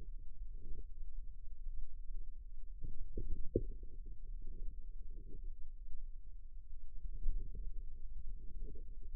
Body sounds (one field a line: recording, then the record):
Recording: forearm muscle sounds (acoustic myography)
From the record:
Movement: inward rotation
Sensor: system 2, bracelet of six BSWA MPA416 microphones around the upper forearm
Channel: 6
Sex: female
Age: 22 years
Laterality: right